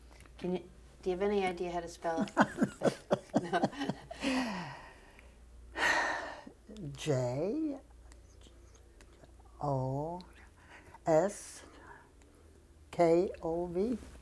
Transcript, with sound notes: Can you — do you have any idea how to spell? [laughs] No. [chuckles]
[sighs] J-O-S-K-O-V.